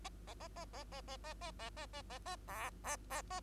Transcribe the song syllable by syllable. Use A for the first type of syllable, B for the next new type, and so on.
A A A A A A A A A A A A A A B B B A